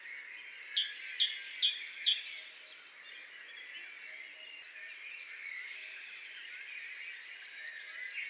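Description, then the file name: Great tit song, a bright two-note phrase repeated quickly for about two seconds, then silence with a faint hiss, and the phrase starting again at the end. "Parus major"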